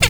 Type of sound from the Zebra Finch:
tet call